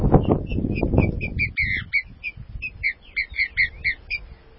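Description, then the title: Green-winged saltator whistling quick repeated two-toned notes, with loud low noise at the start. "Trinca Ferro"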